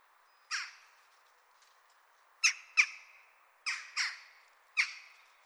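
Jackdaw calls: single sharp, metallic chak notes, some in quick pairs, spaced by pauses of up to two seconds, each trailing off briefly.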